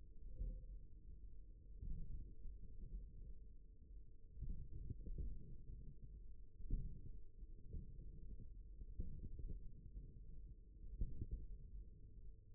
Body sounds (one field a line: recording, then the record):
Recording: forearm muscle sounds (acoustic myography)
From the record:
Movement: forearm supination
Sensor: system 1, eight BSWA MPA416 microphones around the upper forearm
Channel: 2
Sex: male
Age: 54 years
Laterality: right